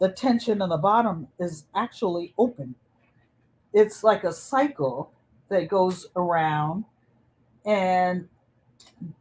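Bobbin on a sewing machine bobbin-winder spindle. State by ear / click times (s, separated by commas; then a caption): seated / 8.8 s. A bobbin on a sewing machine's bobbin-winder spindle is pushed in until it clicks into winding position while someone talks. A sharp tick at 8.8 s marks the bobbin seating, followed by a fainter tick just after.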